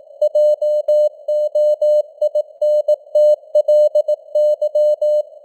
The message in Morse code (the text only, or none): JOINTLY